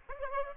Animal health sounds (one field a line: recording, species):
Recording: mosquito wingbeat signal from an infrared sensor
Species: Aedes aegypti